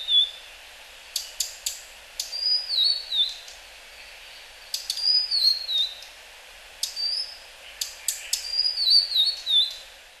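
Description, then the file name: Blue-and-white flycatcher delivering repeated descending whistled phrases, each ending in a short flourish, separated by gaps and punctuated by crisp clicking notes. From Hyogo, Japan, July 2009. "ooruri 0907 hyogo kaji"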